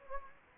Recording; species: mosquito wingbeat signal from an infrared sensor; Anopheles gambiae